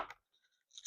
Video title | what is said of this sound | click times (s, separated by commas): Outside Campers Pop Up Wedge Camper Cap Walkthrough & Tour | Pops into place. | 0.8 s